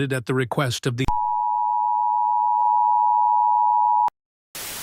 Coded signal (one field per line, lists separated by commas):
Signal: Emergency Alert System (SAME) tones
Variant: 853 and 960 Hz attention tone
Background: speech